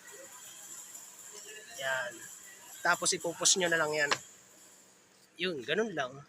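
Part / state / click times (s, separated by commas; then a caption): rear bumper light part into its bumper mount / not seated / none. A rear bumper light part on a Ford Explorer is hooked from one point toward its mount in the bumper and lined up before being pushed home, while someone talks over a faint steady background hum. Nothing has seated or clicked yet.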